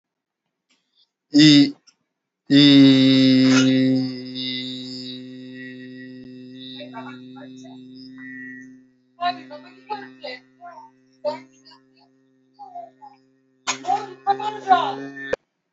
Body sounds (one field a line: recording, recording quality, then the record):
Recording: sustained vowel as in beet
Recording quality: excellent, no background noise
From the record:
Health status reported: respiratory illness, not identified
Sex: male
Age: 35 years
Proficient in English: yes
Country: India